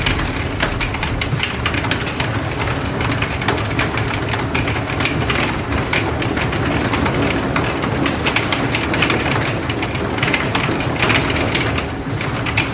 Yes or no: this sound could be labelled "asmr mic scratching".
no